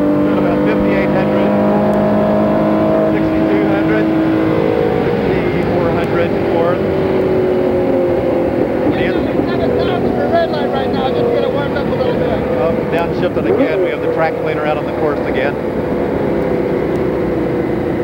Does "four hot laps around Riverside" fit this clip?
yes